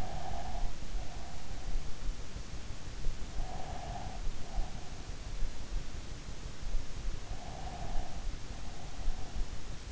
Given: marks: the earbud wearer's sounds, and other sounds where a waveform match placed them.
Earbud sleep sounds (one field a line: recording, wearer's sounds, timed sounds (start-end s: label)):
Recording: sounds in sleep by an in-ear microphone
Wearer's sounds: breath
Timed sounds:
0.00-1.87 s: breath
3.29-5.36 s: breath
7.49-9.82 s: breath